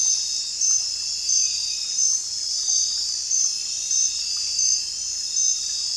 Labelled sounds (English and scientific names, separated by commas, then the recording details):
none
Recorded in dense forest near Puerto Asís, Putumayo, Colombia, on 21 December 2024 at 21:30
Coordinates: 0.467, -76.328
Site GP05